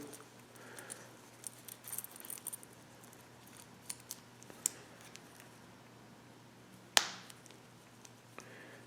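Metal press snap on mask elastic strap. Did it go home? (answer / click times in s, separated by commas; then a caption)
no / none. A heavy-duty metal press snap fitted to the elastic strap of a mask is pressed together to check that it closes, giving light ticks and taps and one sharp knock near 7.0 s. The snap does not close, so nothing has snapped shut, because a part of it was bent while it was being hammered in.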